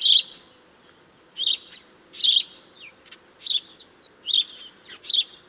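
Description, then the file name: House sparrow calling with harsh chirps spaced about a second apart, with softer notes and thin whistled sounds between them. "Passer domesticus"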